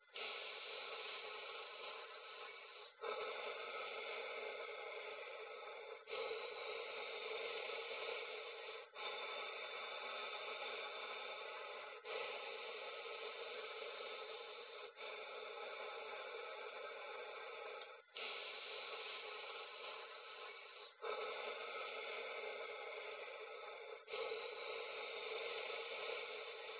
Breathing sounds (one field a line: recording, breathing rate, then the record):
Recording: paced breathing near a phone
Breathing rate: 10 breaths a minute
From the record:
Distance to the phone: 20 cm